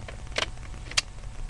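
During reassembly of a plastic foam-dart Nerf Sharp Shot blaster, the trigger and catch are pushed into the housing. A softer plastic snap sounds around 0.4 s, then a sharp, bright click at 1.0 s as the trigger seats into place.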